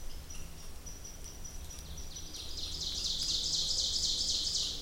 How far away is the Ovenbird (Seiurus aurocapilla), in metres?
about 45 m